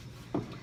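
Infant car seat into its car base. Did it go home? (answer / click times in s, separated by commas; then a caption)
yes / 0.4 s. An infant car seat is pushed back down onto its car base and seats with a single short click at 0.4 s. The click stands out sharply against a faint steady background, and the seat is locked in place.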